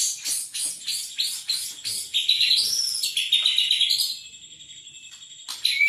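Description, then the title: White-rumped shama song: rapid repeated high chattering notes, then long sustained whistled phrases sliding between pitches, with a high thin tone held in the second half. "murai batu"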